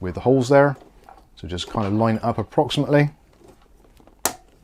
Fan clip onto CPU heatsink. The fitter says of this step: they snap into place.